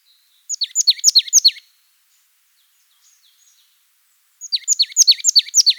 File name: parus palustris